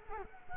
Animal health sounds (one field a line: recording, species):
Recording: mosquito wingbeat signal from an infrared sensor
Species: Culex quinquefasciatus